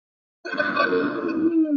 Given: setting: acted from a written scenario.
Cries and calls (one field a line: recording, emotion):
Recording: vocal sound without words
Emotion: anger